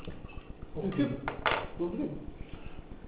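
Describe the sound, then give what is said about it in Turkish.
Tea is poured into a glass, which clinks and clatters in a short cluster of bright, sharp taps, with a low murmur of voices underneath and a steady faint background hum. “O bulaşık bardağı mı dökecektin de bir şey mi?”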